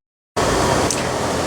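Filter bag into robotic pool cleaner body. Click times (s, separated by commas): 0.9 s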